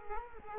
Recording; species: mosquito wingbeat signal from an infrared sensor; Culex quinquefasciatus